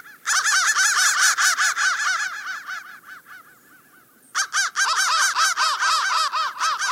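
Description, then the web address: Crows cawing hoarsely in quick overlapping series, a loud burst for about two seconds, a quieter gap, then another loud run of rapid caws. "soundfactory crow 1"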